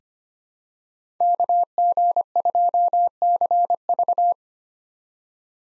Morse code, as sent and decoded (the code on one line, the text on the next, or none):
-.- --. ..--- -.-. ...-
KG2CV